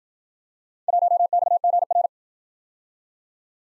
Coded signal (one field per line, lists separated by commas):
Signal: Morse code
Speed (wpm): 55 wpm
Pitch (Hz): 700 Hz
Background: none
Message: 1XGR